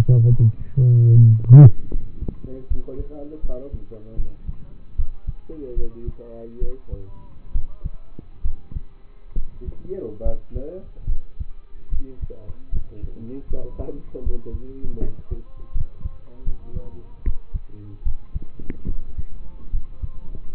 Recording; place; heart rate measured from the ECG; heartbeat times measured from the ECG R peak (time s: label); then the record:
heart sounds by stethoscope; between the tricuspid and mitral areas; 74 bpm
0.28 s: heartbeat
1.11 s: heartbeat
1.90 s: heartbeat
2.67 s: heartbeat
3.40 s: heartbeat
4.15 s: heartbeat
4.95 s: heartbeat
5.74 s: heartbeat
6.59 s: heartbeat
7.52 s: heartbeat
8.42 s: heartbeat
9.34 s: heartbeat
10.22 s: heartbeat
11.06 s: heartbeat
11.89 s: heartbeat
12.70 s: heartbeat
13.47 s: heartbeat
14.22 s: heartbeat
14.99 s: heartbeat
15.72 s: heartbeat
16.44 s: heartbeat
17.23 s: heartbeat
18.03 s: heartbeat
18.85 s: heartbeat
19.70 s: heartbeat
20.52 s: heartbeat
From the record:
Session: rest, lying down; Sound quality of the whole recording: partially saturated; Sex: male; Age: 27 years